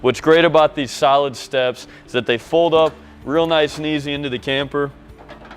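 Someone talks while the solid fold-out entry steps of a 2019 Coachmen Catalina SBX camper are folded up into the camper toward their stowed position. The steps have not seated or locked into place yet.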